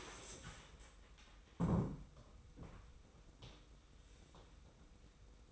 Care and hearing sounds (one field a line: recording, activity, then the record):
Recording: daily activity, microphone in the room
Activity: stand up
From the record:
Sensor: 1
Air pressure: 990.5 hPa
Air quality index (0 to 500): 152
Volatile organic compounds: 1000 ppm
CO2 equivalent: 5487 ppm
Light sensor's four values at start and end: 33/76/33/35 and 33/76/32/35